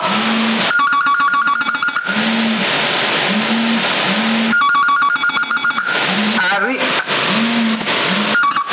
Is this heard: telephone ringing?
yes